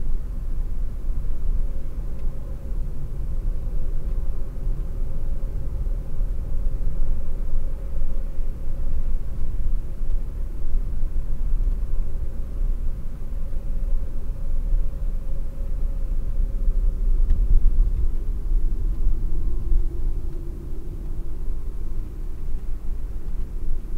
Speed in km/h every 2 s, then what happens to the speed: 48, 44, 42, 36, 44, 48, 49, 50, 46, 41, 39, 43.
0-5 slows to 36. 5-13 speeds up to 50. 13-19 slows to 39.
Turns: 0-7.